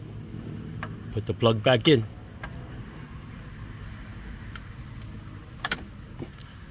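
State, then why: Seated. On a 2018 Jeep Compass, a wiring plug is pushed back into the fog/daytime running light bulb socket behind the front bumper cover after the bulb assembly is reinstalled, with no bumper removal. Someone talks early in the clip, followed by quiet handling noises, then two sharp clicks close together at 5.7 s and 5.7 s. The connector is seated.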